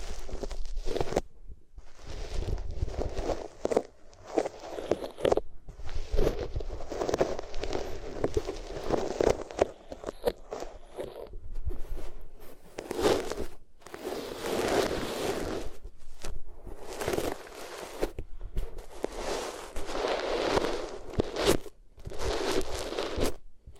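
Rubbing against the ears, heard as bursts of coarse scraping and rustling. Each stroke lasts one to three seconds with brief near-silent gaps between them, and the friction sits mostly in the middle range with a thin bright hiss above. Faint low bumps accompany some strokes.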